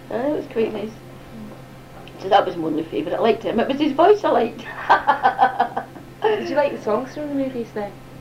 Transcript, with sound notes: Aye, it was quite nice. So that was my only favourite. I liked him. It was his voice I liked! [laughs]
Did you like the songs from the movies then?